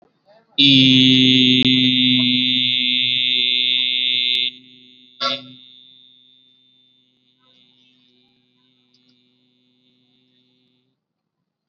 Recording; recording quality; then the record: sustained vowel as in beet; excellent, no background noise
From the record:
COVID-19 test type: RT-PCR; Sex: male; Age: 18 years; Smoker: yes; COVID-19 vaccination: both doses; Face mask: worn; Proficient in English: yes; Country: India